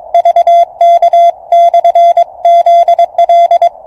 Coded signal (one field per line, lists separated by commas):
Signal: Morse code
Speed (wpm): 22 wpm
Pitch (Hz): 690 Hz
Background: none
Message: VK/ZL